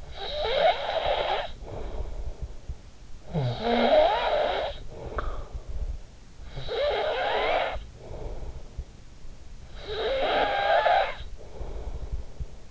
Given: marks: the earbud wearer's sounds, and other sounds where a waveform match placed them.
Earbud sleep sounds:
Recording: sounds in sleep by an in-ear microphone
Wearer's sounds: snoring breath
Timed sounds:
0.00-2.77 s: snoring breath
3.03-6.11 s: snoring breath
6.34-8.89 s: snoring breath
9.60-12.71 s: snoring breath

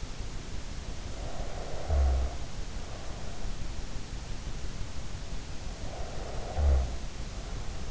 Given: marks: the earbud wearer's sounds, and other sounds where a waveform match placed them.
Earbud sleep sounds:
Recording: sounds in sleep by an in-ear microphone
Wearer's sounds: snoring breath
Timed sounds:
1.21-3.57 s: snoring breath
5.91-7.91 s: snoring breath

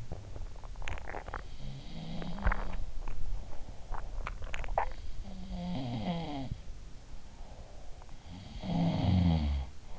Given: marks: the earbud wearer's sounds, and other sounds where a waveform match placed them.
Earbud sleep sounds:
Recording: sounds in sleep by an in-ear microphone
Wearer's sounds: swallowing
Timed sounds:
0.00-1.51 s: swallowing
1.23-4.22 s: sound from someone else or the room
2.12-3.16 s: swallowing
3.85-5.00 s: swallowing
4.71-6.74 s: sound from someone else or the room
7.46-9.99 s: sound from someone else or the room

